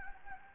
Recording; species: mosquito wingbeat signal from an infrared sensor; Anopheles gambiae